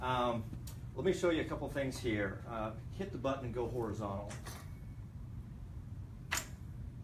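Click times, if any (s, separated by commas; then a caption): none. An inversion table is handled as someone talks about pressing the button and tilting it to horizontal, with a single short sharp sound near 6.3 s. The clip ends before the tilt lock engages in its horizontal position stop, so nothing has clicked into place yet.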